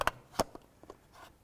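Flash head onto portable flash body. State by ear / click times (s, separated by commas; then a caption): not seated / none. A rectangular flash head is turned against the body of a Godox AD200 portable flash to find the right alignment for mounting. Two sharp knocks come at about 0.1 and 0.4 seconds, followed by softer taps around 0.6, 0.8 and 0.9 seconds. The head has not seated or locked onto the body yet.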